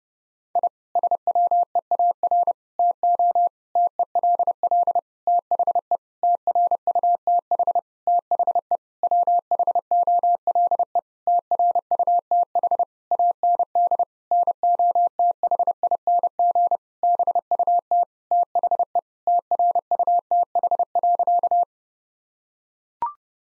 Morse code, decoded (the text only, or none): I SWEAR TO TELL THE TRUTH THE WHOLE TRUTH AND NOTHING BUT THE TRUTH.